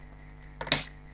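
A memory module is pressed down with the thumbs into a DIMM slot on a motherboard. A softer snap at 0.6 s is followed by a sharp click at 0.7 s as the module seats and the retention clips lock up.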